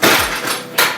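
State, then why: Seated. A ComfyGo MAJESTIC 440 HD Plus foldable, remote-controlled power wheelchair with a 440-lb capacity is unfolded by pulling on the back of the seat, with a sharp clunk right at the start. At 0.8 s the folding frame lock gives a bright, crisp click as it latches, confirming the frame is locked in place.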